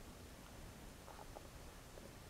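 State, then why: Not seated. A crimp pin sits in the hole of a plastic multi-pin connector housing for R60 wiring while the connector is gently turned to line the pin up. Only faint, low handling rustle is heard over a steady background hiss, with no sharp sounds. The pin has not seated or clicked yet.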